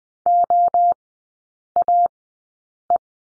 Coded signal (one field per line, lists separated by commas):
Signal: Morse code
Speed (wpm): 20 wpm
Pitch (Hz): 700 Hz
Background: none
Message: OAE